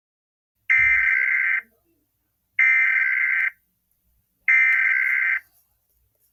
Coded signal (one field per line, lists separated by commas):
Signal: Emergency Alert System (SAME) tones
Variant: header bursts